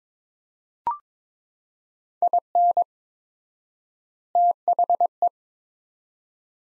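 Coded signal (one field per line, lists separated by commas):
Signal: Morse code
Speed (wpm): 22 wpm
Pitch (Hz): 700 Hz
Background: none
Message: IN THE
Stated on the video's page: Morse practice set of five-word groups at 22 wpm with 4x word spacing, a Farnsworth-like method using words, for head-copy training.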